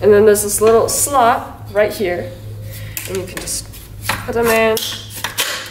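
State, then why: Seated. A metal gobo pattern in its holder is slid into the slot of a theatre stage lighting fixture and pushed all the way in while someone talks. A short, sharp click at 5.2 s marks the holder seating home in the slot.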